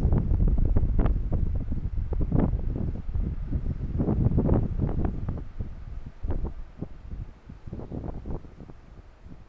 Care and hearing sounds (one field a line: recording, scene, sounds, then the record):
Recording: everyday scene through a hearing-aid microphone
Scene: wind on the microphone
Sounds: squally wind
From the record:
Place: parking lot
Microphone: behind the ear, left, front